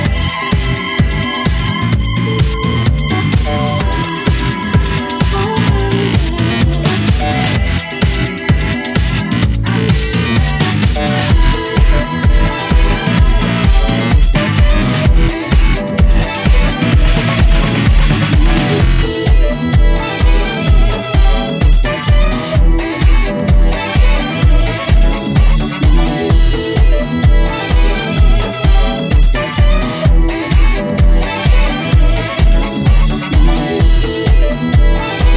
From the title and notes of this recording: Os carrinhos de choque das festas do senhô. Bumper cars always have a particular soundtrack, always revolving around dance music.